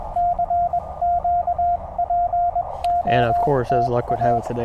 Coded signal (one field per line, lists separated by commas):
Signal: Morse code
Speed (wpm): 21 wpm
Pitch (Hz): 700 Hz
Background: speech, radio noise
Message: CQPOTA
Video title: Beating the rain | CW QRP POTA at US-3786 #hamradio #amateurradio #morsecode